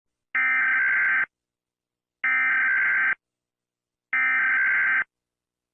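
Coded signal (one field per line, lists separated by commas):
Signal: Emergency Alert System (SAME) tones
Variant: header bursts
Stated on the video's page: Fictional EAS scenario.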